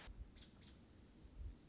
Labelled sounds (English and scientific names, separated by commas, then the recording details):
American Robin (Turdus migratorius)
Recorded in Sonoma County, California